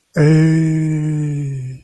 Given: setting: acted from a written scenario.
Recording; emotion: vocal sound without words; romantic love